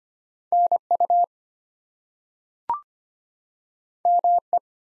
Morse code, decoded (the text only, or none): NU ME